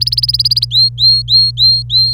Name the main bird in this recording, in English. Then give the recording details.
Domestic Canary. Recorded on 26 April 2018 at 11:46. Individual llb3